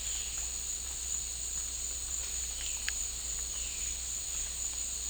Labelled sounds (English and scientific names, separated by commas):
none